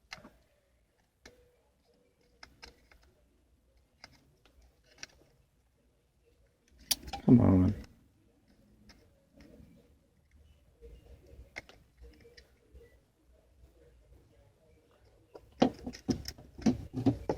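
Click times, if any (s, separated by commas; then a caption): none. A power window switch for a BMW E46 is handled and worked toward its opening in the plastic door trim, with scattered light clicks and rattles as it is fumbled, and someone talks. Nothing has seated or clicked into place yet.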